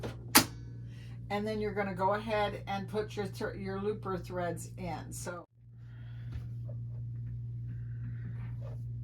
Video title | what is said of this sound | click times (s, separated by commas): Bernina Bernette b68 airthead serger | You are going to move the lever over. You're gonna turn this till it clicks, | 0.0 s